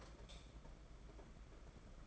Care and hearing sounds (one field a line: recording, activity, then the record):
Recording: daily activity, microphone in the room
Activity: light off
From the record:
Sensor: 5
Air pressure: 992.1 hPa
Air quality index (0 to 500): 205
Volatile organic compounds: 1000 ppm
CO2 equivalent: 5916 ppm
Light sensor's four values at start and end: 9/22/8/9 and 8/19/7/8